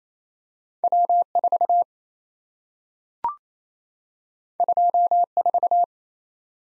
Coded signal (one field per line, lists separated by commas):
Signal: Morse code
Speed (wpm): 27 wpm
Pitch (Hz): 700 Hz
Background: none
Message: W4 24